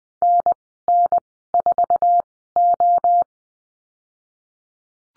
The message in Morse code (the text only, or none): NN4O